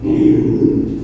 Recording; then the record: squeal of a Yucatan mini pig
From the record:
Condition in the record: before surgery on the right vocal fold (resection and tissue-engineered implant); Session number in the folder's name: 1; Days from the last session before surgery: -3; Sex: male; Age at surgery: 12 weeks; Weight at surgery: 13 kg